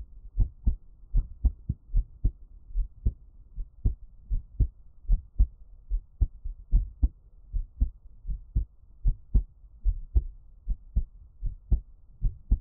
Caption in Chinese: 獻上我的心跳 | Give my Heartbeat | NO Talking。